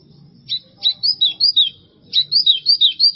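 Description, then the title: White-throated seedeater gives two bursts of clear whistled notes, each a quick chain of slurs separated by a short pause, with faint low hum behind. "Canto Do Golinha"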